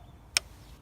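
A torque wrench is pulled a second time on the oil filter housing cap of an Audi 1.9 TDI PD engine to check the setting. One sharp, bright click sounds at 0.4 s over a quiet background, confirming the set torque is reached again.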